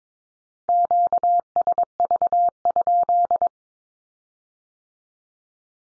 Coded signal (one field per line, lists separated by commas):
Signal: Morse code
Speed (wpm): 22 wpm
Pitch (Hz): 700 Hz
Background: none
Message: QSV?